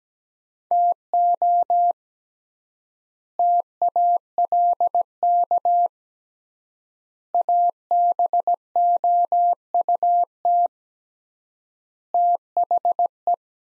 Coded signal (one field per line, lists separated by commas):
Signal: Morse code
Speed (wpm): 17 wpm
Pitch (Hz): 700 Hz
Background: none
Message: TO TALK ABOUT THE